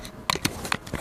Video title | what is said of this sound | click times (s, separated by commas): I Ran A Half Marathon With The Osmo Action Multifunctional Charging Handle | You heard that? That was a nice satisfying click. Like it's in there good, right? | 0.3 s, 0.5 s